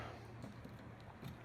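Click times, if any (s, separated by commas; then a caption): none. A wire terminal is handled and lined up with the slot in a connector housing before being pushed in, with only a steady low hum and faint, soft handling noises. Nothing has clicked or seated yet.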